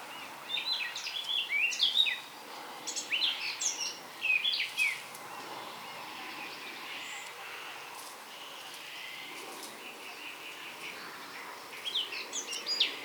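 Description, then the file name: Eurasian blackcap singing rapid, twittering warbles in the opening seconds, then a long quiet spell with faint background hiss before a final brief burst of warbling. "Sylvia atricapilla"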